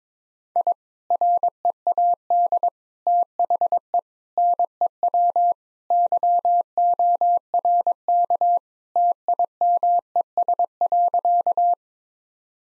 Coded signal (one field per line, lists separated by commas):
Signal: Morse code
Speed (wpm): 22 wpm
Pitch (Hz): 700 Hz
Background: none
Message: I READ THE NEW YORK TIMES.